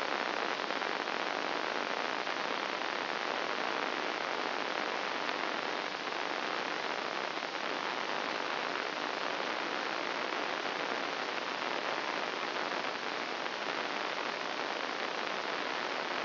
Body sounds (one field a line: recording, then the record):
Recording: brain microelectrode recording played as sound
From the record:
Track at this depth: inside the subthalamic nucleus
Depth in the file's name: 0.209 mm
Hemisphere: right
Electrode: 2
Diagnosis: Parkinson's disease